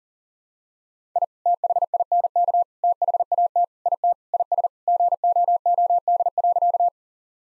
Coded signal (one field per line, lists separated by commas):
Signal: Morse code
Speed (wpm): 37 wpm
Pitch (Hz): 700 Hz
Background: none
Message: I THINK THAT IT IS GOOD.